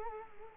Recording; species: mosquito wingbeat signal from an infrared sensor; Culex quinquefasciatus